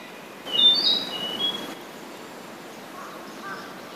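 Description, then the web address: Narcissus flycatcher giving a short burst of clear, high whistled notes with a slight warble, then quiet with a faint background hiss. "izumino saunndo kibitaki"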